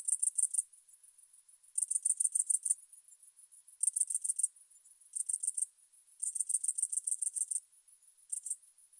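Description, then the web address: Grasshopper stridulating in rapid ticking pulse trains, very high and dry, in irregular bursts separated by short pauses, with a thin continuous hiss underneath. "heuschrecke"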